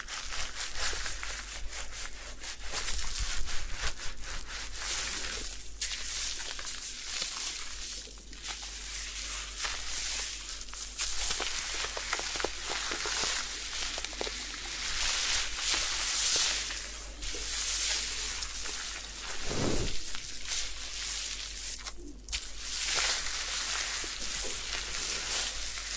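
Hair washing at a head spa, with a steady hiss of spraying water filling the sound throughout, swelling and easing as the stream moves. A low hum runs underneath, and a brief thud or rub stands out near the twentieth second.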